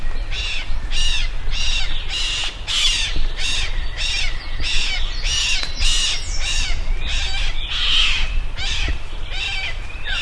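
Bird calls: harsh squawking kept up throughout, over constant low rumbling noise.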